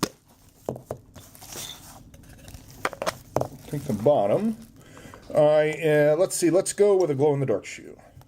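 A glow-in-the-dark plastic shoe base for a candy dispenser is handled at the bottom of a plastic display tube, with sharp handling clicks and rustles around 0.0, 0.7, 2.9, 3.0 and 3.4 seconds while someone talks. The base has not yet been pressed home, and nothing has snapped into place or seated yet.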